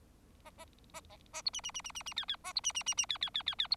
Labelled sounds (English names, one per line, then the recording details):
Bengalese Finch song
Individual Bird4